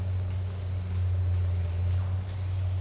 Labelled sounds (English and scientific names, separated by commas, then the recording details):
none
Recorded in dense forest near Puerto Asís, Putumayo, Colombia, on 21 December 2024 at 07:00
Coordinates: 0.468, -76.322
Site G071